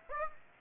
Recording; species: mosquito wingbeat signal from an infrared sensor; Aedes aegypti